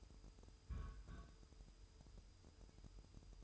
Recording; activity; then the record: daily activity, microphone in the room; place on stove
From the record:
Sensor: 2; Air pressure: 988.2 hPa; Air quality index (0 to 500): 190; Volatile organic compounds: 183 ppm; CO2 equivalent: 4153 ppm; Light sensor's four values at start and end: 21/71/28/26 and 21/71/28/26